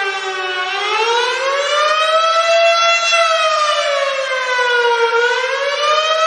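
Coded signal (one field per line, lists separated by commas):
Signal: siren signal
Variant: Federal Signal Model 7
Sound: steady loud mechanical siren wail with a slowly wavering pitch, no breaks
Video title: Federal Signal Model 7 & Gamewell Diaphone for Rescue Call, Glen Head, NY 7/20/2023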